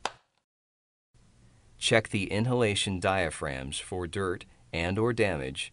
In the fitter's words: then push the retainer onto the cartridge until it snaps into place